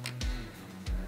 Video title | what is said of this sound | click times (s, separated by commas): Buduję komputer z Threadripperem 😍 | OK i teraz delikatnie Musimy sobie opuścić nasz procesor tak żeby nam kliknęło i | 0.1 s